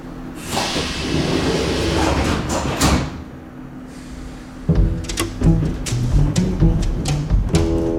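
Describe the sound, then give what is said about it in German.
Inside a sparsely occupied moving subway car in the late morning, the train rumbles steadily with low mechanical drone and hiss, then a sharp clunk around the midpoint, followed by rattling, clattering car noise and tonal hums as the ride continues. “Geräusch des fahrenden Zuges.”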